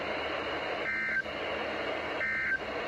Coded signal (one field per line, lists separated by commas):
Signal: Emergency Alert System (SAME) tones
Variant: end-of-message bursts